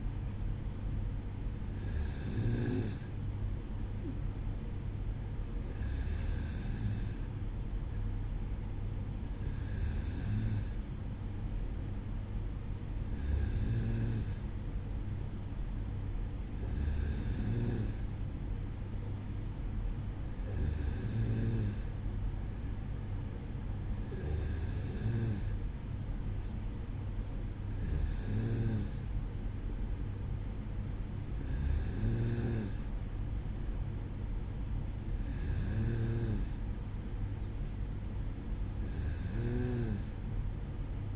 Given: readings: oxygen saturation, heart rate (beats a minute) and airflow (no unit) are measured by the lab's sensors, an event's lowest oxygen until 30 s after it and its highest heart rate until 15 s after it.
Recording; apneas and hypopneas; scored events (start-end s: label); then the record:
breathing in sleep by a smartphone at the bedside; none
none scored
From the record:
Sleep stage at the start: N2 (light sleep); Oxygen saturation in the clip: 94%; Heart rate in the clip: 55 to 57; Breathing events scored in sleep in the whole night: 305 in 9.6 hours asleep